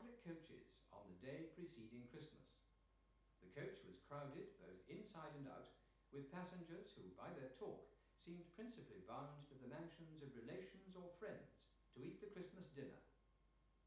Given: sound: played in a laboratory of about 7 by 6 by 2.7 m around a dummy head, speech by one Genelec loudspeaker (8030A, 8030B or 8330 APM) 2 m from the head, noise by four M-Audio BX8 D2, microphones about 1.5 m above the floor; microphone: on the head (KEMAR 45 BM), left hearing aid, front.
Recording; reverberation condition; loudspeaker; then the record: male speech in English; medium; behind (180 degrees)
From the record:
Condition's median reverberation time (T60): about 510 ms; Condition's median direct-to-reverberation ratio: about -0.5 dB